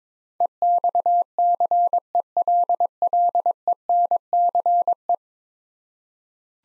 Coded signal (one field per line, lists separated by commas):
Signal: Morse code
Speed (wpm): 21 wpm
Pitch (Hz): 700 Hz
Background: none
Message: EXCELLENCE